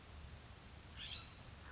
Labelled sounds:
California Scrub-Jay (Aphelocoma californica)
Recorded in Sonoma County, California

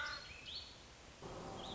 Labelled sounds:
Warbling Vireo (Vireo gilvus)
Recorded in Sonoma County, California

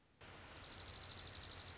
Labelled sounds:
Dark-eyed Junco (Junco hyemalis)
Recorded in Sonoma County, California

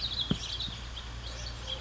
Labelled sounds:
House Finch (Haemorhous mexicanus)
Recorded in Sonoma County, California

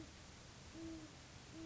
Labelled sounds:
Great Horned Owl (Bubo virginianus)
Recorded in Sonoma County, California

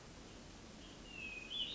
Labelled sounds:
Hermit Thrush (Catharus guttatus)
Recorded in Sonoma County, California

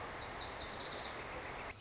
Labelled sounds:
Lazuli Bunting (Passerina amoena)
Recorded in Sonoma County, California

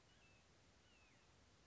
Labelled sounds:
Red-shouldered Hawk (Buteo lineatus)
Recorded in Sonoma County, California

